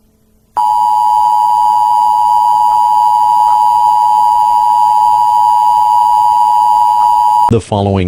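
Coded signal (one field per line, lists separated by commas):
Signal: Emergency Alert System (SAME) tones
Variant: 853 and 960 Hz attention tone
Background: speech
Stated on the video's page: Simulated EAS scenario for a Yellowstone eruption.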